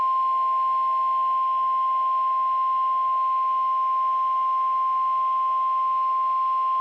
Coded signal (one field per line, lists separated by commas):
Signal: Emergency Alert System (SAME) tones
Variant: 1050 Hz attention tone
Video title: Severe Thunderstorm Warning (EAS #34)